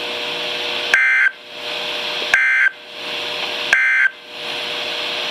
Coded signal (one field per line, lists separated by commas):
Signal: Emergency Alert System (SAME) tones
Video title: Special Marine Warning #4 - 04/12/14 (EAS #636)